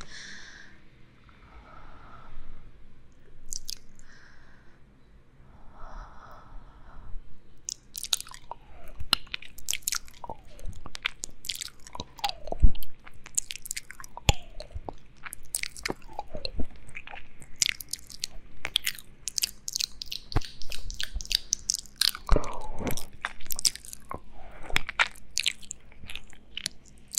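Ear eating and mouth sounds: wet clicks, smacks and crunchy bites, sparse early, then dense and irregular throughout, over a faint low hum.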